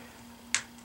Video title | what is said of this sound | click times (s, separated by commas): Dell Touch Chromebook 11 2nd Gen Screen Replacement Procedure | and you hear snapping sounds that means the bzel is coming off | 0.5 s